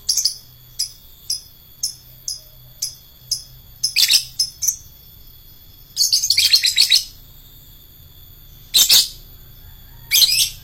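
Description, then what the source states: Lovebird song: a run of short high chirps about every half second, then louder buzzy chattering bursts in clusters, with a steady high hum throughout. Adult fighter lovebird.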